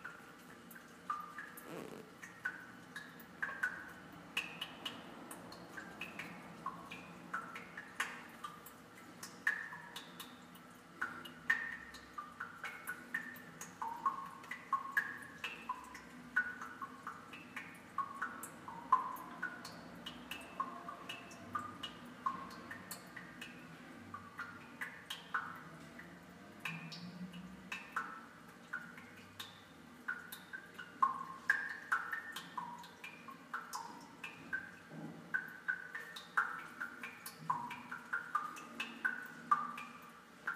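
Water drips steadily in a small bathroom, quick irregular plinks ringing over a low hum, with occasional sharper taps throughout.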